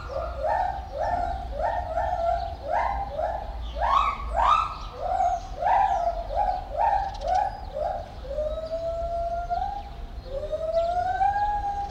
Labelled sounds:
Lar Gibbon

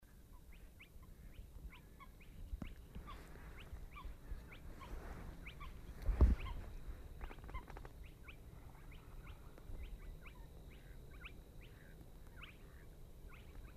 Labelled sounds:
Spotted Crake song

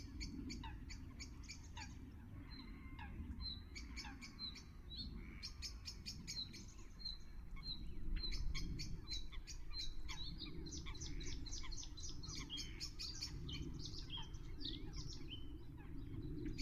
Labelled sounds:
Bluethroat song

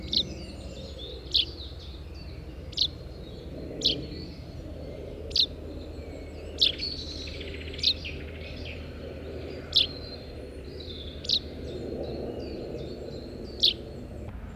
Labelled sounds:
Common Chaffinch call

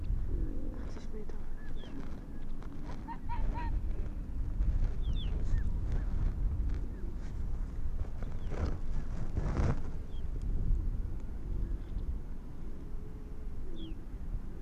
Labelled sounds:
Arctic Fox

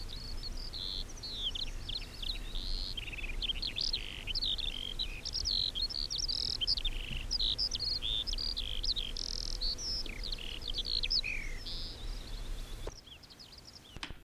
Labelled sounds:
Eurasian Skylark song

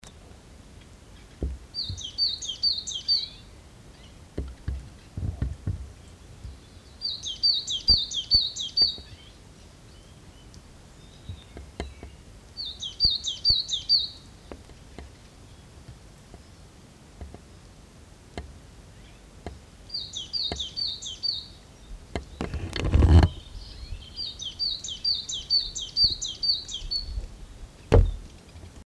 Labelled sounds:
Great Tit song

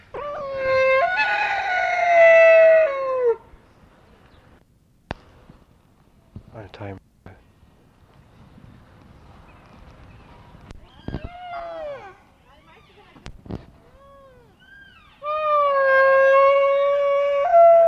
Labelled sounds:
Wapiti

